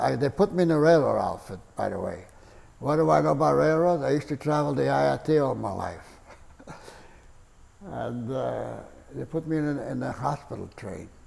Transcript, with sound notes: I—they put me in a railroad outfit, by the way. What do I know about railroads? I used to travel the IRT all my life. [chuckles] And they put me in—in a hospital train.